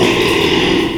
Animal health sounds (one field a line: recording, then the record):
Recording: squeal of a Yucatan mini pig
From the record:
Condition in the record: after surgery on the right vocal fold (resection and tissue-engineered implant)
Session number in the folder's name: 1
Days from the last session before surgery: 6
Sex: male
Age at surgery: 12 weeks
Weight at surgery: 13 kg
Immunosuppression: cyclosporine, prednisolone